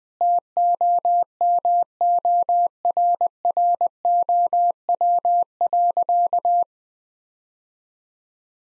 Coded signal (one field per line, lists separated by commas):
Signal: Morse code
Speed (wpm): 20 wpm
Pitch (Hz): 700 Hz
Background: none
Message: TOMORROW.